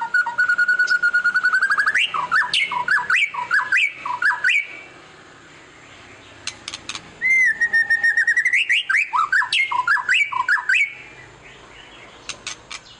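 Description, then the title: White-rumped shama singing a long steady whistle followed by quick varied swooping notes and harsh chattering bursts, a quiet gap, then another whistle and a fast varied phrase. Lure song of a white-rumped shama, meant to make other birds respond; described as gacor, singing persistently. "PANCINGAN MEWAH MURAI BATU GACOR, SEKALI DENGAR AMPUH LANGSUNG RESPON"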